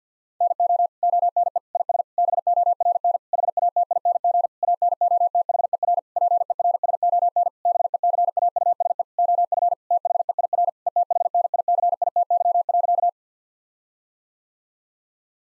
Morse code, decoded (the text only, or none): NO ONE IS BORN HATING ANOTHER PERSON BECAUSE OF THEIR ETHNICITY.